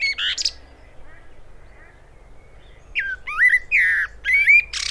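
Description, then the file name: Common blackbird: a high scratchy twitter opens, then after a pause a string of swooping whistled notes mixed with high squeaky bursts. "Turdus merula"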